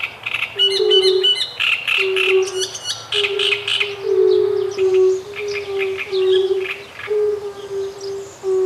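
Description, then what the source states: Great reed warbler producing harsh, jerky churring bursts, with low, mellow toad calls repeated steadily beneath. With fire-bellied toads.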